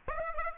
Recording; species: mosquito wingbeat signal from an infrared sensor; Aedes aegypti